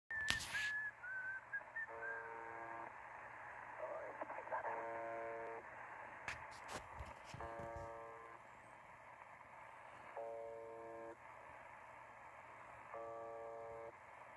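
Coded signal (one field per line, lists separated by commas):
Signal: channel marker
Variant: UVB-76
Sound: short gliding whistles near 1.7 kHz, then repeating harsh one-second buzzes about every three seconds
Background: radio static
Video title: UVB-76 whistling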